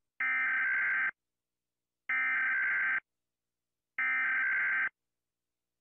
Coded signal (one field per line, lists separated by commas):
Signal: Emergency Alert System (SAME) tones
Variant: header bursts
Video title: Rating EAS Alarm Sounds Repost